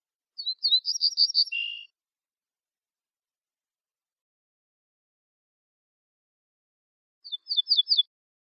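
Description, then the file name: Ortolan bunting song, about six quick ringing notes followed by a lower note, then silence before the next phrase begins near the end. "suara kicauan ortolan"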